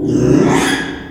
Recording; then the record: squeal of a Yucatan mini pig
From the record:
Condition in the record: after surgery on the right vocal fold (resection and tissue-engineered implant); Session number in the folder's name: 3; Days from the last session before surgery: 33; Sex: male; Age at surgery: 12 weeks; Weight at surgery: 13 kg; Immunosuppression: cyclosporine, prednisolone